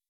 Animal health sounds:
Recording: hydrophone in a shrimp aquaculture tank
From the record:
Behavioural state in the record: weakened

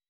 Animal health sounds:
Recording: hydrophone in a shrimp aquaculture tank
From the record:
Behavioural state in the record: weakened

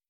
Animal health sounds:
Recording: hydrophone in a shrimp aquaculture tank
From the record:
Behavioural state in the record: starved

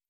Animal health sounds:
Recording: hydrophone in a shrimp aquaculture tank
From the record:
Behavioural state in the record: stressed

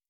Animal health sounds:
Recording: hydrophone in a shrimp aquaculture tank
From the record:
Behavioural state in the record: stressed

